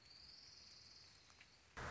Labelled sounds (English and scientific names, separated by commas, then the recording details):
Orange-crowned Warbler (Leiothlypis celata)
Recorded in Sonoma County, California